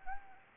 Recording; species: mosquito wingbeat signal from an infrared sensor; Anopheles arabiensis